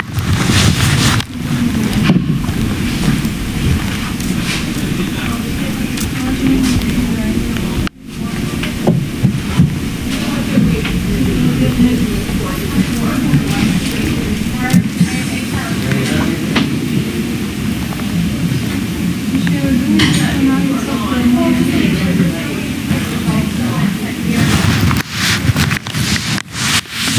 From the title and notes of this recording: Extended ER ambience.